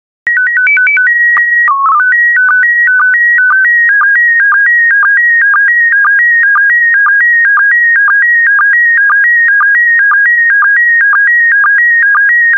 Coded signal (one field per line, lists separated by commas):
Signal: SSTV (slow-scan television)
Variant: PD 120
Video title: 134079 Cheetahs, Leopards and Jaguars SSTV PD120